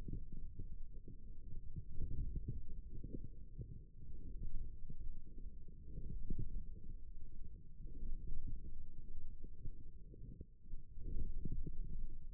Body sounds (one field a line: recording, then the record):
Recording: forearm muscle sounds (acoustic myography)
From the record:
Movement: forearm supination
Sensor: system 1, eight BSWA MPA416 microphones around the upper forearm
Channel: 2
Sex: male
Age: 28 years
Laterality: right